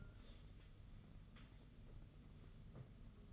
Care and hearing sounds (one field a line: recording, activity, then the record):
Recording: daily activity, microphone in the room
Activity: take from stove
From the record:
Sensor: 4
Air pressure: 995.2 hPa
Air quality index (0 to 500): 216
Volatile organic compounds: 261 ppm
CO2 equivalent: 4389 ppm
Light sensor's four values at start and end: 24/76/29/31 and 24/76/29/31